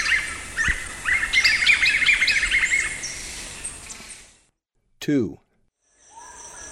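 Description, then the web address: White-fronted nunbird song: a busy jumble of overlapping whistled and chattering notes for about four seconds, then sudden silence and one brief falling sweep. Recorded in the eastern lowlands of South America. "Natures Songs S America Eastern Lowlands. White-fronted Nunbird"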